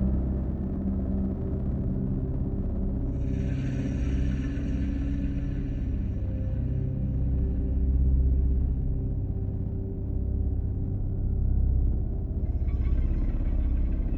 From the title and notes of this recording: Distant Planet Ambience.